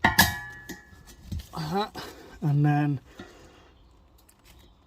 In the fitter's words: pushing on till you hear a click,